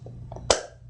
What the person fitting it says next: snaps back in pretty neat huh